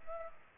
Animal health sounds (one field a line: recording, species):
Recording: mosquito wingbeat signal from an infrared sensor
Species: Culex pipiens